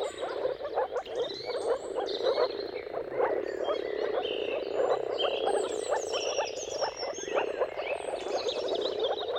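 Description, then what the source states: Moor frog: a steady chorus of moor frogs gives continuous low, hollow bubbling calls, with varied bird song and whistles in the background. Many moor frogs giving mating calls at sunrise in a dawn chorus, around the turn of March and April, timing depending on the weather.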